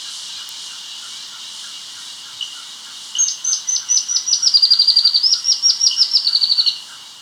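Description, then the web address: White-browed spinetail calling a fast, high, slightly descending trill of about three and a half seconds over a steady insect-like buzz and soft pulsing. Recorded in Ecuador. "Birds of Ecuador 2. White-Browed Spinetail"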